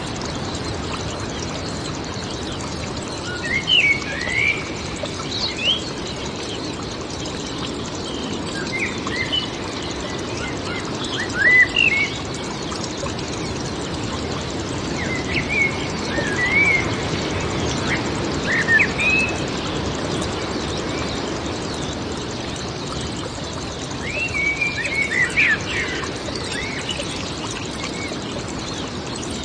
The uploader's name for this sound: Spring in the woods, wind and birds